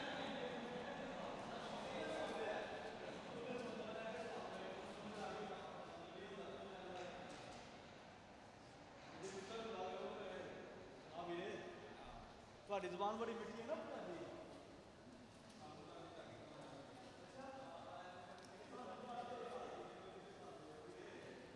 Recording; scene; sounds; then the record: everyday scene through a hearing-aid microphone; reverberant space; background noise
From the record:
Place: railway station hall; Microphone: in the ear canal, right